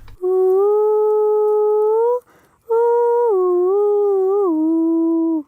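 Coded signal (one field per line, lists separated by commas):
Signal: whistled language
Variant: Kongthong jingrwai lawbei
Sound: two hummed melodic phrases, first steady, second with small pitch dips and rises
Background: small room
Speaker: ഇത്തരത്തിലുള്ള ഈണങ്ങൾ ഉപയോഗിച്ചാണ് ഇവർ പരസ്പരം വിളിക്കുന്നത് പേരിനു പകരം ഈണങ്ങൾ ഉപയോഗിക്കുന്ന ഈ രീതിയെ ജിങ്കർവൈ ലോബേ എന്ന് വിളിക്കുന്നു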